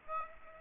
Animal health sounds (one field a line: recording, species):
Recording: mosquito wingbeat signal from an infrared sensor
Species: Aedes aegypti